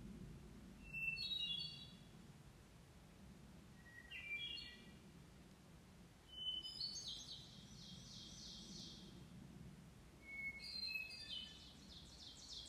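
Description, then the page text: Hermit thrush song: four fluty phrases a few seconds apart, each opening on a pure sustained note at a different pitch and ending in a rapid higher warbled cascade, over faint low rumble. Recorded in Maryland. "Hermit Thrush by Josh Emm"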